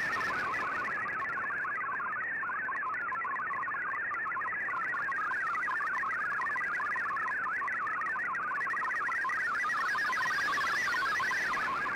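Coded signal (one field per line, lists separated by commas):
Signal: multi-tone FSK (Olivia or MFSK type)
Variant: MFSK32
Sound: rapid burbling stream of hopping musical tones over steady radio hiss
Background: radio static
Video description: Here is my decode of the Shortwave Radiogram broadcast today on 15770Khz shortwave radio at 1330UTC in MFSK32 and 64 with 11 SSTV images.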